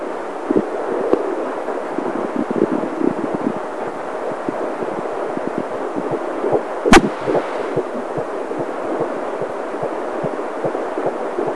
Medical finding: Baby heartbeat.